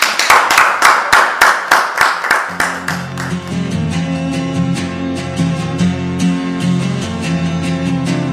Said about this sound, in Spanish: Un aplauso